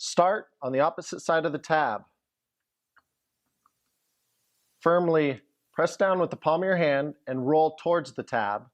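Someone talks while a tamper-evident shipping cap is lined up on an IBC container valve, with its pins aligned to the valve's cams, starting on the side opposite the tab. Only faint handling taps are heard, at about 3.0 and 3.7 seconds. The cap has not yet been pressed home, and nothing has clicked or seated.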